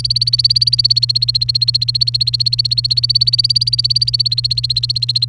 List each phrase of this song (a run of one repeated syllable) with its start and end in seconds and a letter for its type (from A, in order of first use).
0.00-5.28 A